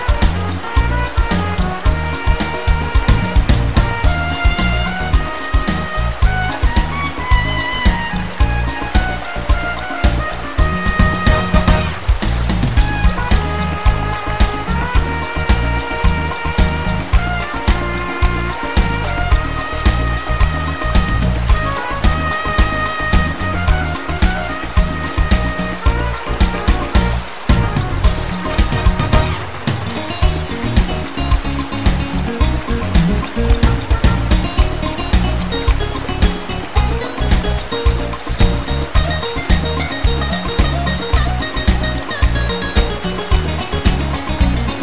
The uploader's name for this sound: Costa Rica Rainforest Waterfall Sounds & Soothing Music